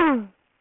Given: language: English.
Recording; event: throat vibration sensor signal played as sound; throat clearing